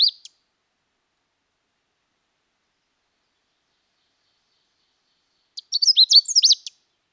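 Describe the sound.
Canada warbler song: a brief tail of a phrase at the start, then one full rushed, varied warble of high chips and slurred notes near the end.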